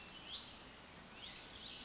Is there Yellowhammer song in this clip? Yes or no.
no